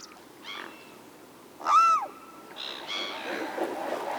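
Bird, a few arched, harmonic honking notes, one loud in the middle, over background hiss.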